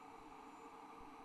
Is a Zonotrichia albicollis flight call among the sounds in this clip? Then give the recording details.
no. No flight call is heard. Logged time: 00:42 on 8 December 2014